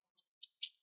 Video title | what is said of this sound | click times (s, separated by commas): Dell Inspiron N5010 💻 SSD - HDD Upgrade | you should hear few clicks | 0.2 s, 0.4 s, 0.6 s